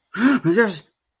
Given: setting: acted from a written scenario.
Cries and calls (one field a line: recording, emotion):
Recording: vocal sound without words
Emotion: distress